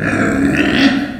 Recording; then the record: squeal of a Yucatan mini pig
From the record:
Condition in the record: after surgery on the right vocal fold (resection and tissue-engineered implant); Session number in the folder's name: 4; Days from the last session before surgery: 26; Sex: female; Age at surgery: 19 weeks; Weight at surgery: 25 kg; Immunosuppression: prednisolone